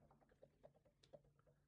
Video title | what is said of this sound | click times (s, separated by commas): HP Smart Tank 5103 : How to Load Ink & Install Print Heads | Put it above the ink tank and press down until it clicks. | 1.0 s